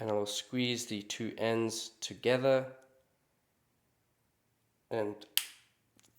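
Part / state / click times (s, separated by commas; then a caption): tamper-evident security seal on wire loop through a metal capsule / seated / 6.0 s. Someone talks, then squeezes together the two ends of a plastic tamper-evident security seal on a wire loop that runs through a Cryptosteel Seed12 metal capsule, after leaving more slack on the wires. A single sharp click sounds at 6.0 s as the seal locks in place.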